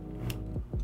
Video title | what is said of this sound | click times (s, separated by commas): 5 hacks to develop film at home | we're gonna twist this counterclockwise until we hear a click I heard the click | 0.3 s